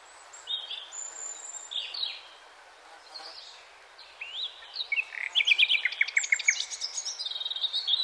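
Redstart song: scattered high whistles and slurred notes, then a quick run of sharp descending strokes and twittering in the final seconds, over a soft background hiss.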